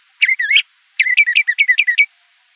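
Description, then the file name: Le Conte's thrasher giving two brief bursts: a short slurred phrase, then a quick series of sharp chirps. Recorded in Arizona. "LCTH 2 deviche"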